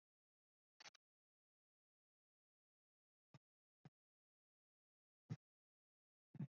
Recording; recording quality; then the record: shallow breathing; excellent, no background noise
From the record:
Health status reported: healthy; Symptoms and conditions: cough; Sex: male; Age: 26 years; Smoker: not ticked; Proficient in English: yes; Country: India